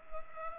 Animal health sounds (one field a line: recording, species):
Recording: mosquito wingbeat signal from an infrared sensor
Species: Culex pipiens